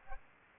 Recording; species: mosquito wingbeat signal from an infrared sensor; Aedes albopictus